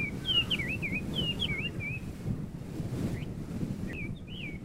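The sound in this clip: Chinese hwamei sings several wavering whistled phrases, pauses, then resumes, with wind noise rumbling throughout.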